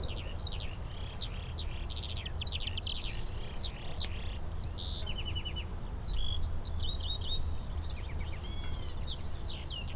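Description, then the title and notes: Eurasian skylark song, a lively changing flow of high twittered notes, short buzzy trills and whistled slurs running the whole time, above low constant rumble. Several skylarks singing in fields around St. Isidore's wayside shrine, Sosna Góra, Siemianowice Śląskie, Poland; Saturday 18 May 2019; recorded with Zoom H5, Audio-Technica BP4025. "Unnamed Road, Siemianowice Śląskie, Polska - skowronek przy kapliczce św. Izydora. Sobota, 18 maja 2019. Wśród pól znajduje się kapliczka świętego Izydora na Sosnej Górze. W polu śpiewają skowronki i brzęczą owady. W tle słychać strzelnicę. Nagrania terenowe Siemianowic Śląskich - Dźwiękowy Portret Miasta"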